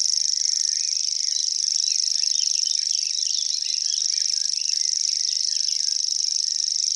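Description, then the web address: Common grasshopper warbler giving a continuous high mechanical reel that never pauses. "fuglelyder gresshoppesanger"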